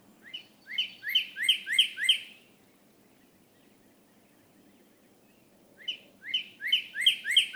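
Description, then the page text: Northern cardinal singing loud, clear whistled notes repeated quickly in a run of six, a few seconds of quiet, then another fast series begins. Male leaving his night roost and beginning his day in the morning, on one of 13 mornings in late April and early May 2018, in a crabapple tree in Hatfield, Massachusetts. "Cardinals awaking—13 mornings to explore! For 13 mornings during late April and early May 2018, I recorded how a male northern cardinal left the night roost and began his day"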